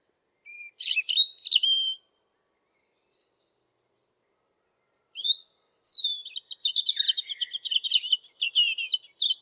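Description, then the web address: European robin song, a high whistled phrase, a pause of about three seconds, then a longer phrase of sweet descending whistles and fast tinkling trills. "geluiden roodborst zang"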